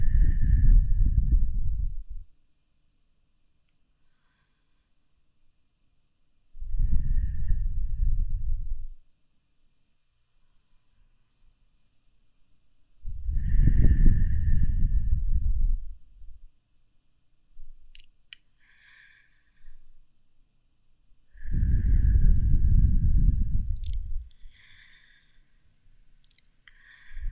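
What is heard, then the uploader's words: Soft breaths blown toward the ear come in four slow bursts, each lasting two to three seconds with long quiet gaps between. The puffs are deep and airy with a faint hiss on top, and small clicks and mouth sounds fill the later pauses. 吐息．呼氣 | Ear Blowing & Breathing | NO Talking.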